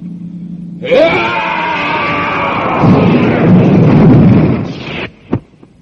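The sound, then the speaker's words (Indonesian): A loud, sustained rumble of collapsing rock roars for about four seconds, swelling heavier toward the end beneath a wailing tone, then cuts off abruptly and is followed by a single dull thud, while a stone door in a cave is being closed. “Bersamaan dengan gemuruhnya karang runtuh, Kala Jantuk menutup kembali pintu batu yang memisahkannya dengan ruangan pertama di mana Datuk Pamor Ireng berada.”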